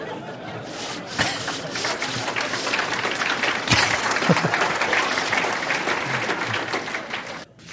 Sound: applause

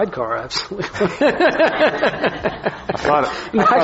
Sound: laughter

